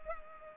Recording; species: mosquito wingbeat signal from an infrared sensor; Culex pipiens